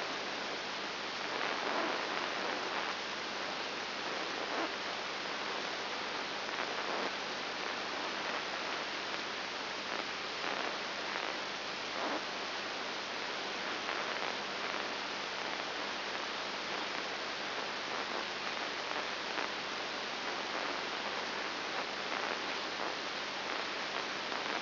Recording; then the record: brain microelectrode recording played as sound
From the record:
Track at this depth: inside the subthalamic nucleus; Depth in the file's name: 3.502 mm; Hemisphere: left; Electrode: 3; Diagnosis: Parkinson's disease